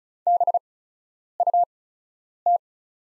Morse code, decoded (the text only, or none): BUT